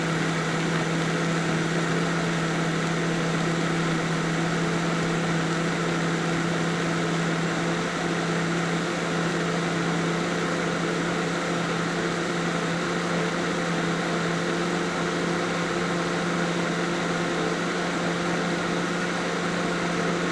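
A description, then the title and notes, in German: A blender runs without pause, pureeing lemon pieces with sugar and water. Its motor holds a steady, loud whine with a firm low hum underneath and a dense, hissing whir across the top. The pitch and level barely change for the whole stretch. Istra-Zitronenlimonade: ganze Zitronen, in Stücke geschnitten, Zucker und Wasser. Ganze Zitronen, in Stücke geschnitten, Zucker und Wasser. Im Mixer fein pürieren.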